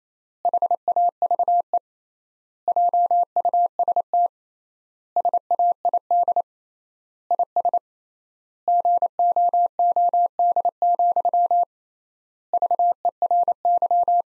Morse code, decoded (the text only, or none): HAVE JUST SAID IS GOOD, VERY